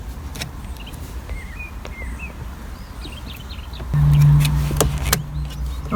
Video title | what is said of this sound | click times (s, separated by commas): Camry- KEY STUCK in Ignition & Won't TURN or Start = FIX 1997-2002 Avalon , Solara | right snaps right in really flush | 4.8 s, 5.1 s